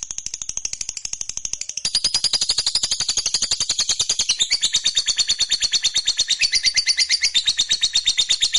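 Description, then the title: Lovebird song: continuous rapid, high, buzzy chatter that grows louder after a couple of seconds and keeps going without pause. Fighter lovebird singing energetically (gacor). "Berkat SUARA Lovebird FIGHTER GACOR Ini"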